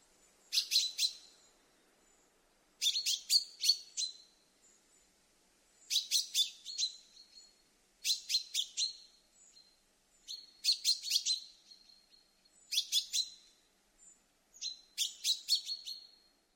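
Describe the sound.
Common chaffinch calls: short, sharp, high chipping notes in several quick bursts, repeated about every two seconds, on a quiet background.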